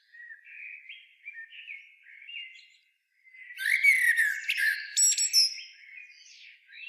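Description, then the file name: Common blackbird delivering quiet, low whistled notes before a loud, varied fluting phrase broken by sharp, squeaky high twitters. "Turdus merula"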